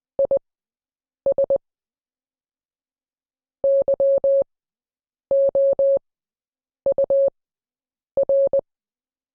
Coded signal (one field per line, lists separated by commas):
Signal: Morse code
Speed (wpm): 20 wpm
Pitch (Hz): 550 Hz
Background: none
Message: IS YOUR